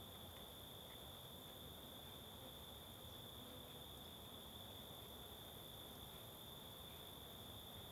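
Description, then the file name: Cricket sound, a constant shrill trill held at one pitch for the whole stretch, set against faint rustling noise and occasional soft ticks. Constant cricket in forest ambience on the Simão Correa waterfall trail. "Ambiencia em Bosque na Trilha da Cachoeira Simao Correa com Moscas e Grilo Constante"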